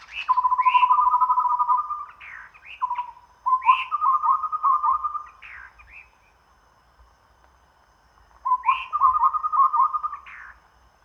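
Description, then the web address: Chestnut-rumped babbler calling: low whistled trills around one pitch with rising upslurred notes above, in bursts of two to three seconds, repeated after pauses. Recorded at Danum on 1 April 2006. "DANUM 20060401. chestnut-rumped babbler"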